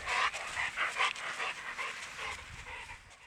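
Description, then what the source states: Dog panting, quick breathy huffs repeated a little over twice a second, steady and rhythmic, fading slightly toward the end. Dog breathing while walking outside.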